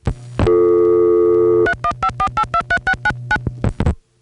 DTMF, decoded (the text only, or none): 3154823699